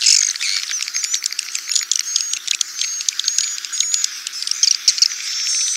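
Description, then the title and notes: Swiftlet chirps, a quick stream of high clicks and buzzy twitters, uneven in rhythm, with faint whistled notes woven between them. Sound used for swiftlet farming in Asia. "Swiflet Bird Sound. Farming Swiflet Bird asia sound"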